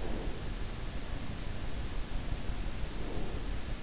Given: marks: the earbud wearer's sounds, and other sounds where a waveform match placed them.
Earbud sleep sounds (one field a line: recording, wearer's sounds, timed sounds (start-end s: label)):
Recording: sounds in sleep by an in-ear microphone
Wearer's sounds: breath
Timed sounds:
0.01-0.33 s: breath
2.88-3.43 s: breath